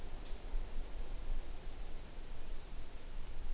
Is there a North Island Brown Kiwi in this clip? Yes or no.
no